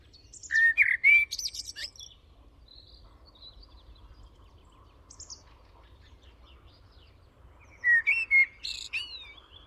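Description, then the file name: Eurasian blackbird song, two phrases about seven seconds apart, rich flute-like warbles ending in a squeaky twitter, faint bird notes in between. "Turdus merula"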